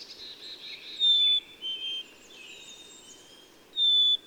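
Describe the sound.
Bird song: short, pure high whistles, a falling two-note phrase and a later single whistle, with faint chirps in between.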